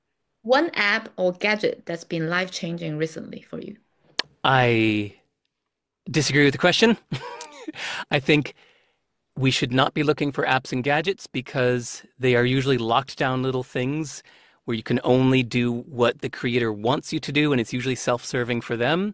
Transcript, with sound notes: One app or gadget that's been life-changing recently for you?
I disagree with the question. (laughs) I think we should not be looking for apps and gadgets because they are usually locked down little things where you can only do what the creator wants you to do and it's usually self-serving for them.